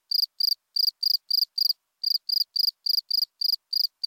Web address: Crickets and Katydids Northern Spring Field Cricket, Gryllus veletis